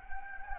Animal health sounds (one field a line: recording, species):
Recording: mosquito wingbeat signal from an infrared sensor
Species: Anopheles gambiae